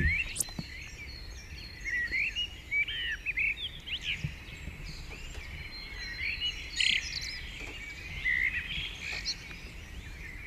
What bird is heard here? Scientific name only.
Turdus merula